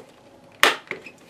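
A cordless vinyl mini-blind valance is angled in so its bottom ridge catches the slot of its mounting clip, then pushed up until the top ridge snaps into place. A sharp, loud snap at 0.6 s is followed by a brief bright tick just after 0.9 s and a faint one near 1.1 s. The valance is seated on the bracket.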